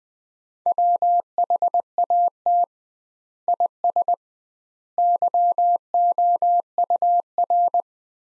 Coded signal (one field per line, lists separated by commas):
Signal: Morse code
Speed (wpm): 20 wpm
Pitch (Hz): 700 Hz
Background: none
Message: WHAT IS YOUR